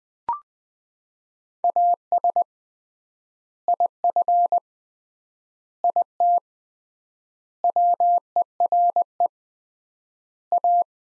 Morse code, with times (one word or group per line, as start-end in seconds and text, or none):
1.6-2.4 AS
3.7-4.6 IF
5.8-6.4 IT
7.6-9.3 WERE
10.5-10.8 A